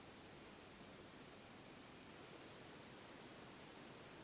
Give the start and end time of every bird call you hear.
[3.31, 3.49] Spotted Flycatcher (Muscicapa striata) (5.8-9.0 kHz)

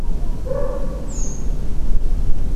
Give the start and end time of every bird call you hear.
[1.07, 1.46] Redwing (Turdus iliacus) (6.1-8.0 kHz)

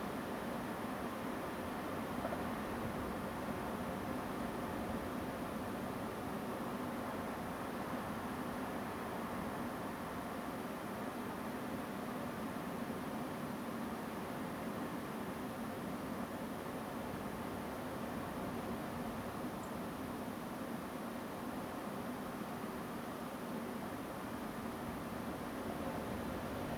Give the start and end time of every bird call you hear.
[19.62, 19.66] Song Thrush (Turdus philomelos) (7.0-9.2 kHz)

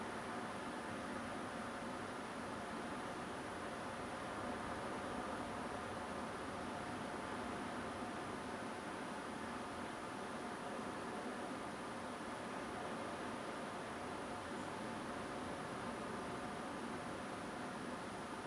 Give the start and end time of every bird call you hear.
[14.57, 14.65] Song Thrush (Turdus philomelos) (6.8-8.3 kHz)

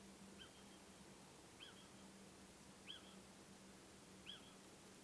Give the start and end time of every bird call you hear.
[0.35, 0.56] Little Owl (Athene noctua) (1.2-3.3 kHz)
[1.58, 1.83] Little Owl (Athene noctua) (1.3-3.5 kHz)
[2.84, 3.08] Little Owl (Athene noctua) (1.3-3.5 kHz)
[4.22, 4.46] Little Owl (Athene noctua) (1.1-3.5 kHz)

